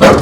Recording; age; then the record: pig call; growing-finishing pig (85 days or more)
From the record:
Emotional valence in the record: positive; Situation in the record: run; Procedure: transit